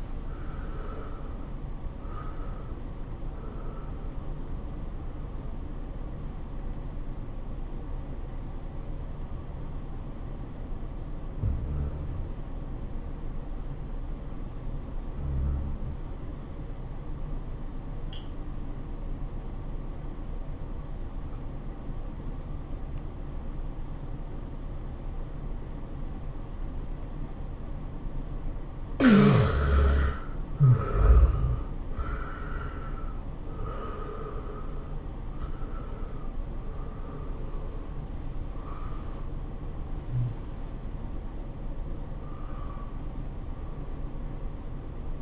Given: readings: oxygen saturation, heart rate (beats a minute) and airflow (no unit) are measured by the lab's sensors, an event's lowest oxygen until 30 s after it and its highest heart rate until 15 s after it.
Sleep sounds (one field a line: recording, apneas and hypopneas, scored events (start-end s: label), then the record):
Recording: breathing in sleep by a smartphone at the bedside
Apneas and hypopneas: 1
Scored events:
3.00-28.50 s: hypopnea (N1, oxygen 94% highest, then 77% lowest, heart rate 105 at the start, 105 highest)
From the record:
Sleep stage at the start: N1 (lightest sleep)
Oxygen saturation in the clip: 75 to 94%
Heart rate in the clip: 84 to 107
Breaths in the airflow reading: 7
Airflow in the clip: -13.5 to 10.6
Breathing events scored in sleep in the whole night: 403 in 5.5 hours asleep